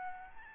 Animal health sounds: mosquito wingbeat signal from an infrared sensor; Aedes albopictus

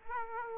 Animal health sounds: mosquito wingbeat signal from an infrared sensor; Culex quinquefasciatus

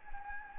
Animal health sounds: mosquito wingbeat signal from an infrared sensor; Anopheles gambiae

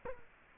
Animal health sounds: mosquito wingbeat signal from an infrared sensor; Culex quinquefasciatus

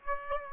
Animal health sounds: mosquito wingbeat signal from an infrared sensor; Aedes aegypti

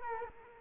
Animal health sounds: mosquito wingbeat signal from an infrared sensor; Culex quinquefasciatus

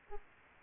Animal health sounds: mosquito wingbeat signal from an infrared sensor; Aedes aegypti

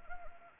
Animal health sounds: mosquito wingbeat signal from an infrared sensor; Anopheles gambiae

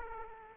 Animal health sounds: mosquito wingbeat signal from an infrared sensor; Aedes aegypti

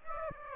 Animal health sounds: mosquito wingbeat signal from an infrared sensor; Aedes aegypti

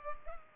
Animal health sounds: mosquito wingbeat signal from an infrared sensor; Culex pipiens

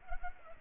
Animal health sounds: mosquito wingbeat signal from an infrared sensor; Culex pipiens

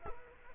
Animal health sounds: mosquito wingbeat signal from an infrared sensor; Culex quinquefasciatus

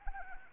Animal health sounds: mosquito wingbeat signal from an infrared sensor; Anopheles arabiensis

